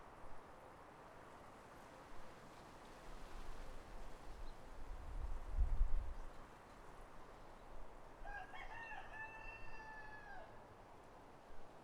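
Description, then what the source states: Rooster crows once near the end, a harmonic crow of about two seconds, after a stretch of low rumbling noise. Countryside atmosphere.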